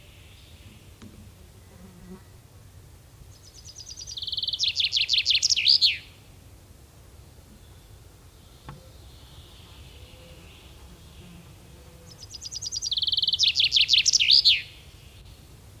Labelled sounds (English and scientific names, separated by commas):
Common Chaffinch (Fringilla coelebs) song